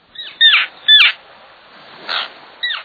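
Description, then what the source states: Common tern giving harsh, grating calls that slur downward, two quick ones close together, then two more spaced out. Common terns migrating along both coasts and through the interior in spring and fall, between nesting grounds in Canada and wintering grounds in the tropics.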